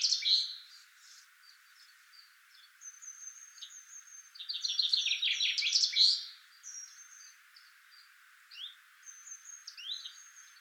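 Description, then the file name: Common chaffinch singing one full rattling, descending trill that ends in a short flourish, after the tail of an earlier song at the start, amid scattered thin, high chirps from other small birds. "Fringilla coelebs"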